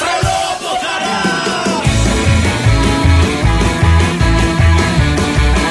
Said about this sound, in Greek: Αυτός δεν είναι ο κύριος Τσίπρας, τον οποίο χθες υποδέχθηκε ένα ολόκληρο χωριό. Φωνάζει το χωριό.